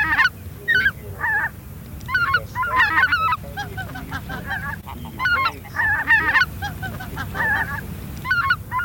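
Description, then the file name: Greater white-fronted goose: a flock chattering, many overlapping yelping calls in irregular bursts, over a low steady rumble. Flock chatter, made for use in an electronic hunting caller. "Белолобый базар"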